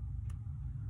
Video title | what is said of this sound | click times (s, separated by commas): flat ethernet cable repair/fix, terminate RJ45 - easy DIY | now there's a little click it's a little loose here though | 0.3 s